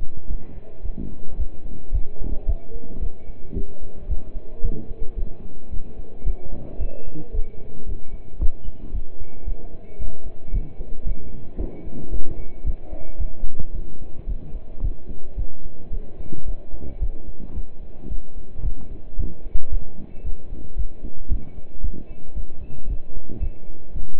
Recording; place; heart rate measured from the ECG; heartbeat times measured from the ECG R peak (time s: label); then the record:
heart sounds by stethoscope; between the tricuspid and mitral areas; 112 bpm
0.30 s: heartbeat
0.85 s: heartbeat
1.39 s: heartbeat
1.93 s: heartbeat
2.48 s: heartbeat
3.02 s: heartbeat
3.56 s: heartbeat
4.10 s: heartbeat
4.64 s: heartbeat
5.18 s: heartbeat
5.72 s: heartbeat
6.26 s: heartbeat
6.80 s: heartbeat
7.34 s: heartbeat
7.88 s: heartbeat
8.41 s: heartbeat
8.94 s: heartbeat
9.47 s: heartbeat
10.00 s: heartbeat
10.53 s: heartbeat
11.06 s: heartbeat
11.59 s: heartbeat
12.12 s: heartbeat
12.66 s: heartbeat
13.20 s: heartbeat
13.74 s: heartbeat
14.28 s: heartbeat
14.83 s: heartbeat
15.38 s: heartbeat
15.92 s: heartbeat
16.47 s: heartbeat
17.02 s: heartbeat
17.56 s: heartbeat
18.10 s: heartbeat
18.64 s: heartbeat
19.18 s: heartbeat
19.72 s: heartbeat
20.25 s: heartbeat
20.78 s: heartbeat
21.31 s: heartbeat
21.83 s: heartbeat
22.36 s: heartbeat
22.89 s: heartbeat
23.42 s: heartbeat
23.95 s: heartbeat
From the record:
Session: pedaling a stationary bicycle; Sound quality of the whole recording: partially saturated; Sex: male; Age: 27 years